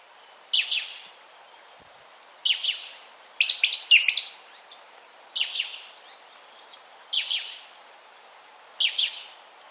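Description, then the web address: Beautiful jay giving harsh, buzzy single calls about every two seconds, with a brief cluster of calls midway; quiet background. Ecuador. "Birds of Ecuador. Beautiful Jay"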